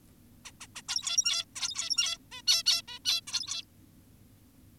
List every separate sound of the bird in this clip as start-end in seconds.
0.45-0.52, 0.61-0.67, 0.76-0.82, 0.89-1.45, 1.56-2.18, 2.32-2.42, 2.48-2.63, 2.66-2.82, 2.88-2.99, 3.05-3.21, 3.28-3.64